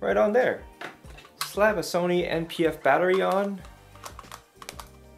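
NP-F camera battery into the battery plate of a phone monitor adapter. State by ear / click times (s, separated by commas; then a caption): not seated / none. Someone talks while a Sony NP-F style camera battery is handled at the battery plate of an HDMI-to-iOS phone monitor adapter mounted on a camera. A few small, light handling ticks follow between about 4.0 and 4.8 seconds. The battery has not seated or locked in yet.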